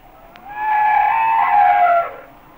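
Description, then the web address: Humpback whale song unit: one steady, mid-pitched sustained moan lasting about one and a half seconds, slightly falling at the end. "Natures Songs Whale Songs Sounds of Nature - Humpback Whales"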